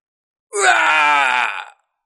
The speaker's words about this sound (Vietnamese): Một tiếng hét thảm vang lên. Không bao lâu lại một chuỗi hoa máu diễm lệ bay ra, tiếng kêu thảm thiết vừa vang lên liền tắt, một người tan thành nhiều mảnh.